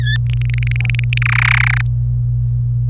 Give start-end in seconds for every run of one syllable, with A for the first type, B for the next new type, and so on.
0.01-0.16 A, 0.26-1.18 B, 1.22-1.81 C